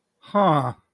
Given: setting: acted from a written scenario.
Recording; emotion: vocal sound without words; confusion